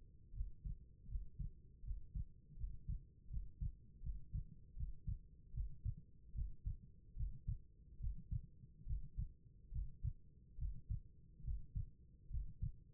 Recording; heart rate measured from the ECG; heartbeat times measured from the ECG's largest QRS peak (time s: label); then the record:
heart sounds by stethoscope; 75 bpm
0.32 s: heartbeat
1.07 s: heartbeat
1.83 s: heartbeat
2.56 s: heartbeat
3.29 s: heartbeat
4.02 s: heartbeat
4.75 s: heartbeat
5.53 s: heartbeat
6.34 s: heartbeat
7.15 s: heartbeat
7.99 s: heartbeat
8.85 s: heartbeat
9.71 s: heartbeat
10.57 s: heartbeat
11.43 s: heartbeat
12.29 s: heartbeat
From the record:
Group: healthy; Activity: breath hold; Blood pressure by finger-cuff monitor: 95/65 mmHg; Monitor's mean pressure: 71 mmHg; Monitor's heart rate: 78 bpm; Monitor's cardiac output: 5.2 L/min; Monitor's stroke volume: 66 mL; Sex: female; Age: 36 years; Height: 163 cm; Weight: 88 kg